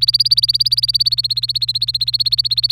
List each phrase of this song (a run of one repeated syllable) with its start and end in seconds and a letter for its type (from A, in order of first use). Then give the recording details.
0.00-2.71 A. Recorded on 26 April 2018 at 10:52. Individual llb3